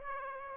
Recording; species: mosquito wingbeat signal from an infrared sensor; Aedes aegypti